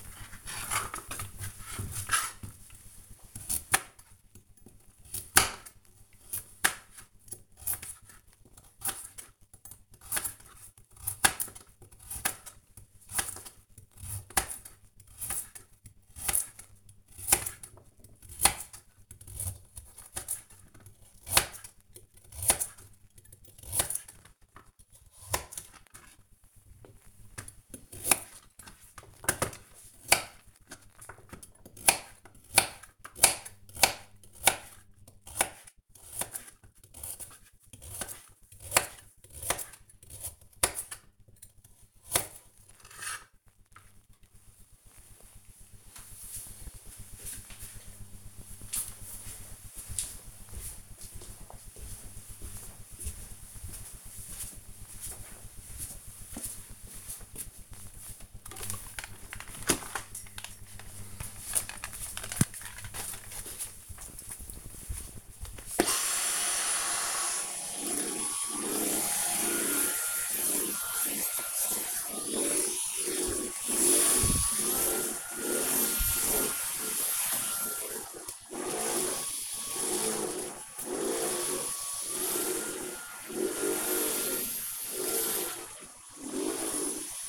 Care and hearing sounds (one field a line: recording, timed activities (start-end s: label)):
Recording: household activities, microphone on the right wrist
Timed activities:
0.00-43.39 s: cutting vegetables
57.47-87.29 s: vacuum cleaning